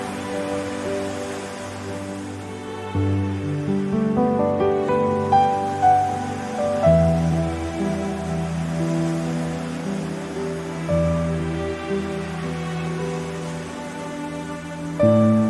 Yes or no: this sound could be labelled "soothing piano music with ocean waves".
yes